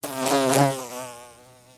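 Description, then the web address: Bee wing buzz, a loud droning hum that swells quickly and then fades away as the insect flies off. Bee taking off and flying by, wings buzzing. "Animal, Bee, Fly, By, Wings, Buzz, Take, Off, Insect, Bug"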